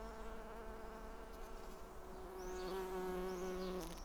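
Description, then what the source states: Bumblebee drone, a low buzzing hum that grows louder and steadier halfway through. Recorded on Schanzenstrasse, Dresden, Germany.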